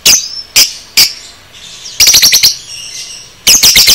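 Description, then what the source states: Lovebird calls: sharp, shrill shrieks, first singly, then in rapid clusters of four or five. Masteran training recording of 'paud' lovebird song, made for teaching cage birds.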